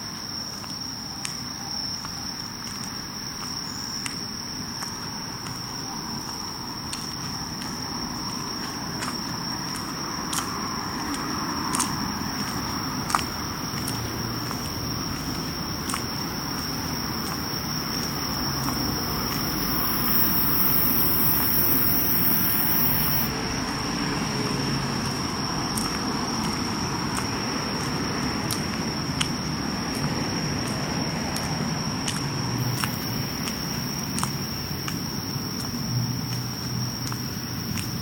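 Insects call through a summer night walk, a steady high shrill band running the whole way with fainter chirring beneath. Low rumbling traffic-like noise fills the bottom throughout, and scattered sharp clicks and taps come every few seconds.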